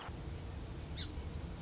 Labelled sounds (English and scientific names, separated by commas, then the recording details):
Song Sparrow (Melospiza melodia)
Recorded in Sonoma County, California